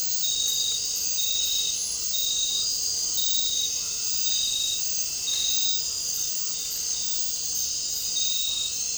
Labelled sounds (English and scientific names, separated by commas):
none